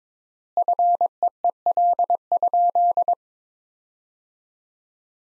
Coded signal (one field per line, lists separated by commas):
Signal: Morse code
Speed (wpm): 22 wpm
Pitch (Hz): 700 Hz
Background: none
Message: FEEL?